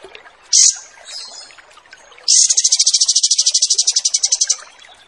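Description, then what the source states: Kapas tembak song: one sharp high note, then a steady, rapid pulsed trill running about two seconds. Wild bird; recording made as a training song for caged birds (masteran).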